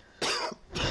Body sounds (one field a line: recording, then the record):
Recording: coughing mixed with background sound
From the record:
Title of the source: Coughing 60